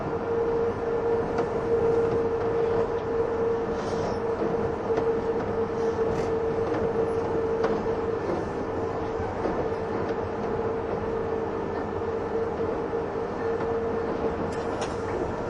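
Steady running noise of a 185 series Odoriko train, a constant low rumble with a sustained whine and faint clicks throughout.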